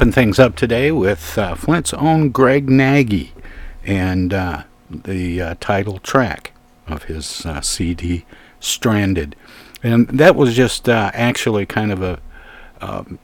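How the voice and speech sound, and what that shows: Clear, fluent adult male radio host's voice at a relaxed pace with frequent 'uh' fillers and pauses; ordinary speech.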